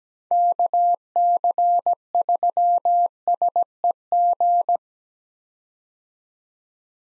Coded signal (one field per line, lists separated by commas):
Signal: Morse code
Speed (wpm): 17 wpm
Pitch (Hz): 700 Hz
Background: none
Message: KC3SEG